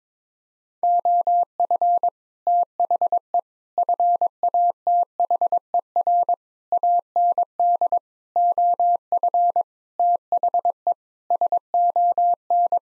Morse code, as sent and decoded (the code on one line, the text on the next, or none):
--- ..-. / - .... . / ..-. .- - .... . .-. / .- -. -.. / --- ..-. / - .... . / ... --- -.
OF THE FATHER AND OF THE SON